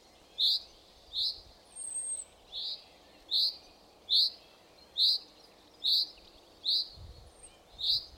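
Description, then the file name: Common chaffinch with a regular run of about ten sharp, ringing call notes in quick succession, plus a faint high thin whistle and low rumbling noise. "Fringilla coelebs"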